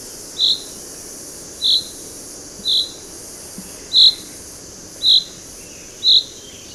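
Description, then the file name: Common chaffinch call: short bright notes repeated roughly once a second, steady and even, over a faint continuous background hiss. "Fringilla coelebs"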